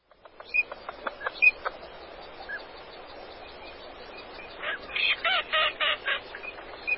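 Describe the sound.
Green-winged teal calls: scattered clicks and short notes, then a quick run of several nasal notes near the end, with a few high whistled peeps.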